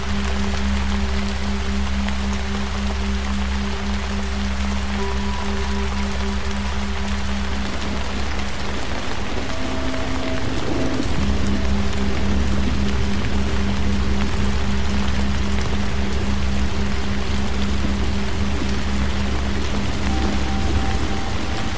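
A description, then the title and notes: Steady, dense rain hiss runs throughout beneath sustained low singing bowl tones, which briefly shift pitch around ten seconds before settling back. Rain Soundscape.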